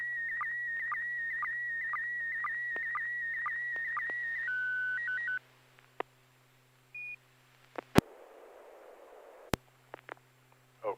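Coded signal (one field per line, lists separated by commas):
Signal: SSTV (slow-scan television)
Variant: PD120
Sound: warbling high tone with rhythmic low blips, brief stepping tones, then squelch clicks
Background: radio hum and squelch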